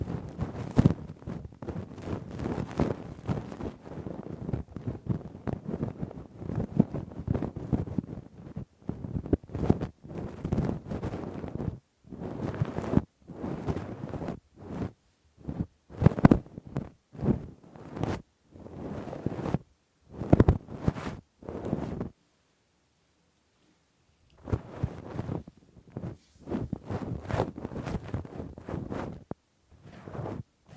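Deep, rough ear cleaning with a Q-tip and ear pick: dense scraping and rubbing in bursts, low and muffled with a gritty edge, broken by short pauses. Around 22 to 24 seconds it goes silent before the scratching resumes in quick strokes.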